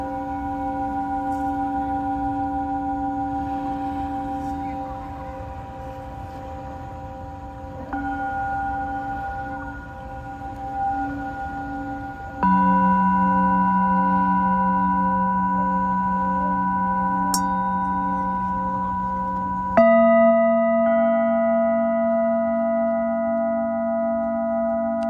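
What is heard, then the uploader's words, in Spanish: A Tibetan singing bowl rings in long sustained tones, struck again around 8, 12 and 20 seconds, each strike bringing a fresh, slowly fading ring. Cuenco tibetano desde Caribe Mexicano.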